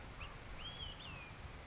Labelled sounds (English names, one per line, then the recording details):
Olive-sided Flycatcher
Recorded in Sonoma County, California